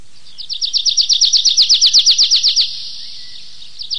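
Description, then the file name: Tree pipit song: one steady, fast trill of many high, buzzy notes lasting about two seconds, followed by near silence and a faint restart. "lesnoj konek anthus trivialis"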